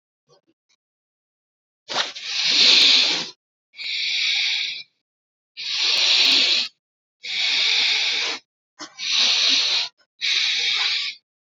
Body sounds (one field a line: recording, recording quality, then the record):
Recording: shallow breathing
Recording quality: excellent, no background noise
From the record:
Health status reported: COVID-19 positive, mild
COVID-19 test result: positive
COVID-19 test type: RT-PCR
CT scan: not taken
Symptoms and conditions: cold, fever, muscle pain, diabetes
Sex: male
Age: 32 years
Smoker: no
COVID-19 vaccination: one dose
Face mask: not worn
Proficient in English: yes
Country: India